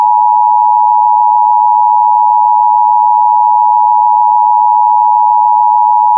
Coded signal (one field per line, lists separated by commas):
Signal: Emergency Alert System (SAME) tones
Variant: 853 and 960 Hz attention tone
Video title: EAS #714: EAS Required Monthly Test- Nov. 7, 2022- 10:15AM PST